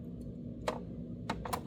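A second SFP transceiver module is handled at the SFP port of an ASUS router, with small sharp clicks and taps at about 0.7, 1.3, 1.5 and 1.7 seconds over a low steady hum. The module has not seated or clicked home yet.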